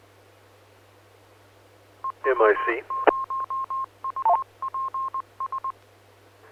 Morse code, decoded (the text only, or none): E W0UPS